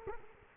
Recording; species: mosquito wingbeat signal from an infrared sensor; Culex quinquefasciatus